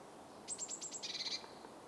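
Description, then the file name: Eurasian blue tit call: a quick run of very high, thin notes, then a short buzzy trill, faint against a soft background hiss. "Cyanistes caeruleus"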